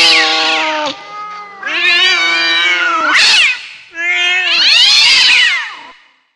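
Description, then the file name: Domestic cat meows: loud, drawn-out, wailing calls rising and falling, in several long bursts. "cats"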